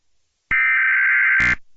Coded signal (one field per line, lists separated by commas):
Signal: Emergency Alert System (SAME) tones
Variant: header bursts